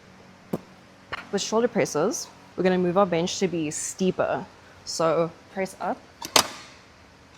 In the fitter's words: upwards and then let go until it clicks at the 60° works.